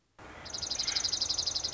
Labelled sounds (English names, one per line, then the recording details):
Dark-eyed Junco
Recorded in Sonoma County, California